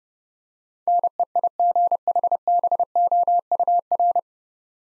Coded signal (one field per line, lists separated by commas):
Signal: Morse code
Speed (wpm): 30 wpm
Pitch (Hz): 700 Hz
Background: none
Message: NEIGHBOUR